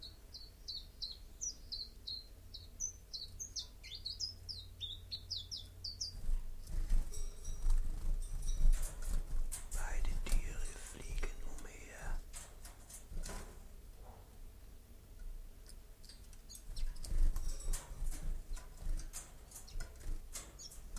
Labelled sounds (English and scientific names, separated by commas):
Common Chiffchaff (Phylloscopus collybita) song